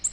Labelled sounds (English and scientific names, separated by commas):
Nashville Warbler (Leiothlypis ruficapilla) flight call